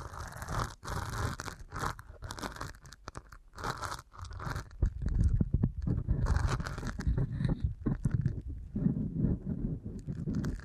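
Deep ear canal massage sounds, a dense, muffled rubbing and squishing with a heavy low rumble that runs almost without pause. Brief crackles and taps break in often and irregularly, with sharp dropouts near one second and four seconds, and more rustling in the second half.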